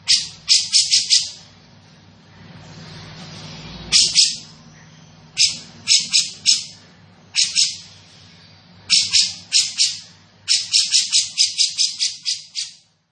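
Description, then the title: Grey-cheeked bulbul uttering short bursts of scratchy, rattling notes between silent gaps, ending in a longer run of rapid harsh notes; low steady hum behind. Bird described as in full, active voice ('gacor'), with a dense, clear sound. "Cucak Jenggot Gacor, Suara Rapat Dan Jernih"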